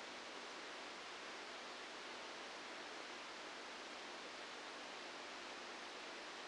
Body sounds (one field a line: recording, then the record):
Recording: brain microelectrode recording played as sound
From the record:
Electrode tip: outside the subthalamic nucleus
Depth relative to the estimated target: 1 mm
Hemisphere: left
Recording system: NeuroSet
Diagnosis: Parkinson's disease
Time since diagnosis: 9 years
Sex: female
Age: 51 years